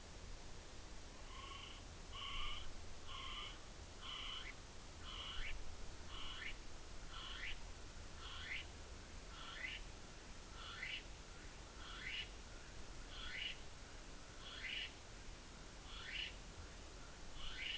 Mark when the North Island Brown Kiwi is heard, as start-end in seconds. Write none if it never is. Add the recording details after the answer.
1.13-17.78. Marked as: faintness 1/5. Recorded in New Zealand on 6 June 2014. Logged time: 02:19